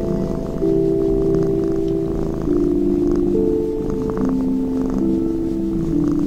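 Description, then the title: Domestic cat purr, a continuous low pulsing throb under gentle held music notes stepping slowly up and down. Sleep music with a cat beside the listener. "睡眠音乐 猫咪伴在你身边"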